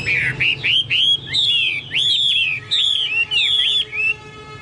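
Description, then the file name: Chinese hwamei song of loud, rich whistled phrases in quick succession, each slurring up and down, several phrases with short gaps. "hwamei-2-omkicau"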